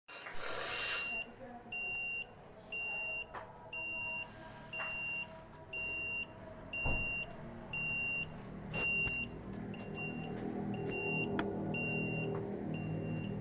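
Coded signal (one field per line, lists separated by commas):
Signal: alarm pattern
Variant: vehicle reversing alarm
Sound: high steady beeps about once a second, each half a second long, repeating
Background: traffic noise and clicks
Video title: Beep sound like as vehicle reverse sound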